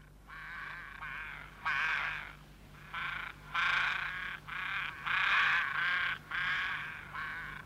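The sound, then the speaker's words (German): Ravens croak outdoors over and over in a steady run of about a dozen harsh, raspy calls, each short and grating, with a faint low hum underneath and no talking. “Oder stören dich die Raben?”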